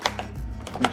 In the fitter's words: sure it clicks back in wallah